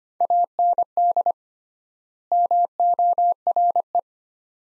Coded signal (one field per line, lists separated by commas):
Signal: Morse code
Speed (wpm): 25 wpm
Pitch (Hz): 700 Hz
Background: none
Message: AND MORE